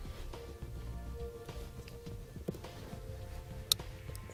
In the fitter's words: we'll push it until it clicks into place and this is what it looks like once you have it plugged in now